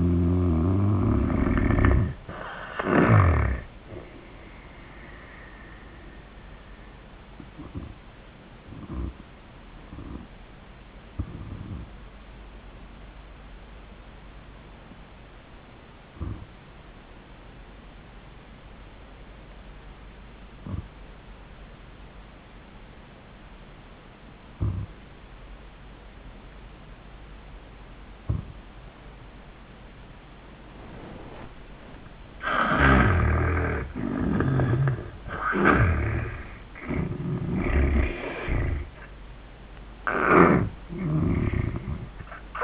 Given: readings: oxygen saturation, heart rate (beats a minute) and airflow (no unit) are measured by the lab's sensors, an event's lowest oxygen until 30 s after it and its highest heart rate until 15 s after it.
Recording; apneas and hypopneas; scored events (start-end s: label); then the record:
breathing in sleep by a voice recorder at the bedside; 1
8.00-32.40 s: hypopnea (N1, oxygen 96% highest, then 77% lowest, heart rate 88 at the start, 94 highest)
From the record:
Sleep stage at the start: N1 (lightest sleep); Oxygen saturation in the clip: 76 to 96%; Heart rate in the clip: 73 to 90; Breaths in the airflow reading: 5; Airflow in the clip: -15.3 to 14.4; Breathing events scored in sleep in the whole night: 400 in 8.7 hours asleep